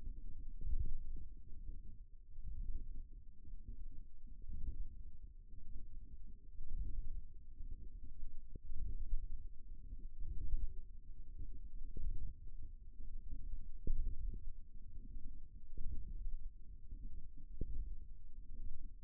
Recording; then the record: forearm muscle sounds (acoustic myography)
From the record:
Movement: ulnar deviation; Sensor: system 1, eight BSWA MPA416 microphones around the upper forearm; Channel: 8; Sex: female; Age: 21 years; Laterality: right